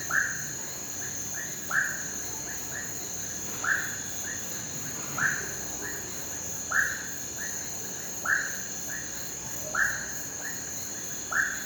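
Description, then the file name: Crickets in a continuous high trilling chorus, with loud downward-bending frog-like calls repeating about every one and a half seconds. Night chorus of crickets and cicadas in a rural setting, with frogs. "Sapos ambiente rural a noite coro de grilos e cigarras, cachorro longe"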